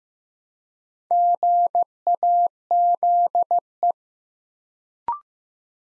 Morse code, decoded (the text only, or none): GAZE